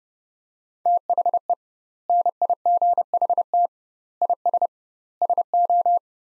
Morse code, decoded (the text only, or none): THE NIGHT IS SO